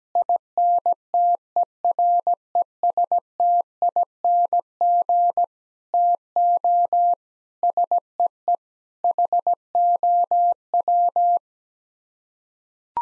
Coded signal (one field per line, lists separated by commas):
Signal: Morse code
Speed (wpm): 17 wpm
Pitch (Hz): 700 Hz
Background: none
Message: INTERESTING TO SEE HOW